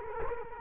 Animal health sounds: mosquito wingbeat signal from an infrared sensor; Culex quinquefasciatus

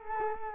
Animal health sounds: mosquito wingbeat signal from an infrared sensor; Culex quinquefasciatus

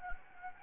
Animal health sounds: mosquito wingbeat signal from an infrared sensor; Anopheles gambiae

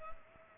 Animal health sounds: mosquito wingbeat signal from an infrared sensor; Culex pipiens

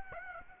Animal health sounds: mosquito wingbeat signal from an infrared sensor; Aedes aegypti

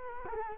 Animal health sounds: mosquito wingbeat signal from an infrared sensor; Culex quinquefasciatus

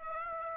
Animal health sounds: mosquito wingbeat signal from an infrared sensor; Aedes aegypti

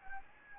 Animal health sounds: mosquito wingbeat signal from an infrared sensor; Anopheles gambiae

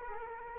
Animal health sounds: mosquito wingbeat signal from an infrared sensor; Culex quinquefasciatus

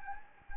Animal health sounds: mosquito wingbeat signal from an infrared sensor; Anopheles gambiae

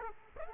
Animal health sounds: mosquito wingbeat signal from an infrared sensor; Aedes aegypti

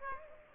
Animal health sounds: mosquito wingbeat signal from an infrared sensor; Aedes aegypti

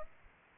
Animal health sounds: mosquito wingbeat signal from an infrared sensor; Aedes aegypti

